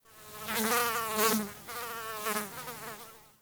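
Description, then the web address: Fly buzzing, a droning, harmonic wing hum that swells and wavers for about a second, dips briefly, then returns steadier before fading away. Recorded close. "Soulframe Sounds Ambience Insects Insect Fly Buzz Close"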